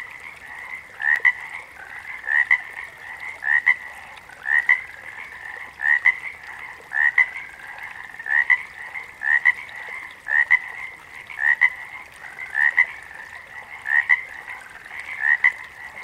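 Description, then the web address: Water frog giving a long run of brief paired croaks, each call a quick double note, repeating about once a second over a continuous soft drone. "Echoes Of Nature Animal sounds - Water Frogs"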